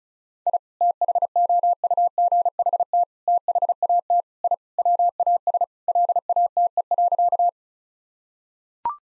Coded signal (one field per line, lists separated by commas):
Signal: Morse code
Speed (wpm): 36 wpm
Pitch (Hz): 700 Hz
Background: none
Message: I THOUGHT THAT I WAS LATE.